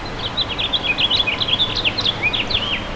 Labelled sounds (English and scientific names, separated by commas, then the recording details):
House Finch (Haemorhous mexicanus) song
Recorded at Babylon on Long Island, New York, on 18 May 2013
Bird C